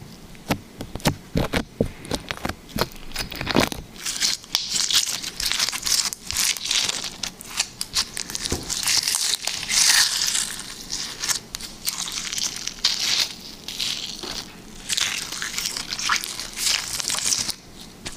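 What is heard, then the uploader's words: Liquid slime is squeezed and worked, producing dense, wet crackling and squelching pops that come in quick irregular bursts. Sharper snaps stand out in the first few seconds, then the sound settles into a steadier bright crinkle with brief pauses. Liquid Slime ASMR.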